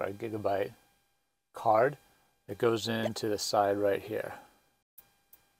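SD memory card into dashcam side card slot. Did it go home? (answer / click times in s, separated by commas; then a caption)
yes / 5.0 s. A 128 GB SD memory card is pushed into the side card slot of a dashcam while someone talks. It latches with a sharp click at 5.0 s, followed by a fainter tick at 5.3 s, and the card is seated.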